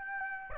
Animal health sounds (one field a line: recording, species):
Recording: mosquito wingbeat signal from an infrared sensor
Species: Aedes aegypti